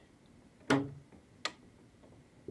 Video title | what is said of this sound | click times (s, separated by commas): Replace Print Cartridge on Canon Maxify MB2720 with Remanufactured Ink | push it until it click | 0.7 s, 1.4 s